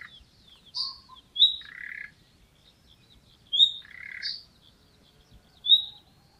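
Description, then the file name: Common nightingale song: sparse clear whistled notes alternating with short buzzy bursts, phrases repeating about every two to three seconds, quiet background otherwise. "Luscinia megarhynchos"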